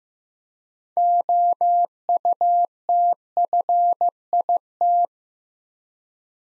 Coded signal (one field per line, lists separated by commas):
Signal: Morse code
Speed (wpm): 15 wpm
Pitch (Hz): 700 Hz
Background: none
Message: OUTFIT